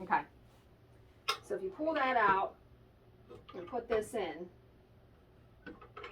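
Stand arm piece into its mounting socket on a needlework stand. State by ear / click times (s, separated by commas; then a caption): not seated / none. Someone talks while pushing the arm piece of a Daylight Company StitchSmart needlework floor stand into its mounting socket, and only small contact taps are heard near the end of the clip. The piece does not fit, and nothing has seated or clicked yet.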